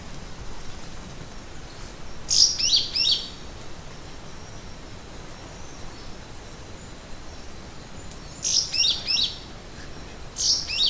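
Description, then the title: Yellow-green grosbeak song: three short bursts of high, slurred whistled notes, spaced several seconds apart, over a steady background hiss. "LuckyPassaro Completos2Sama. Yellow-green Grosbeak (Caryothraustes canadensis)"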